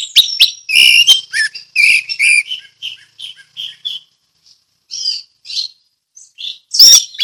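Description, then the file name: Orange-headed thrush song: a long, varied stream of twittering and whistled notes that slows into spaced soft notes before a sharp final burst. Ngeplong song style. "anis merah ngeplong"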